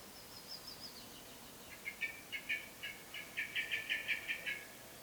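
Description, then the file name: Common blackbird calls: a few thin high notes, then a quick series of harsh chattering notes that grows louder toward the end. "Turdus merula"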